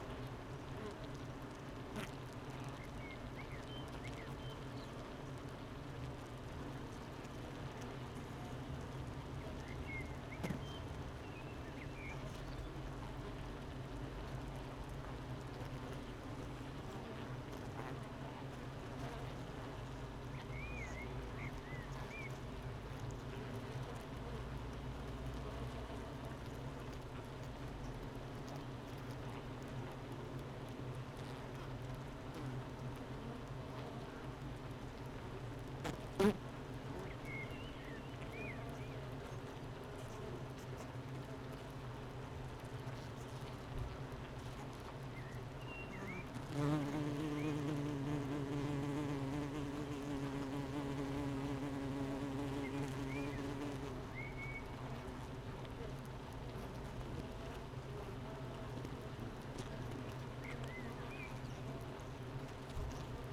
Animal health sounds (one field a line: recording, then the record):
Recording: honeybee colony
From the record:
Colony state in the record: missing queen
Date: 31 May 2018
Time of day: 9:04